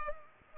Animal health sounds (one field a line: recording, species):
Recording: mosquito wingbeat signal from an infrared sensor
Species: Culex pipiens